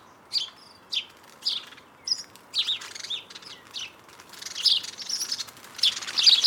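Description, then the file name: House sparrow calls as spaced single chirps about every half second early on, becoming denser and overlapping toward the end, with a light hiss beneath. "Passer domesticus"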